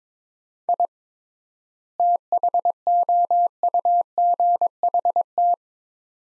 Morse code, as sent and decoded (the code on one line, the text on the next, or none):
.. / - .... --- ..- --. .... -
I THOUGHT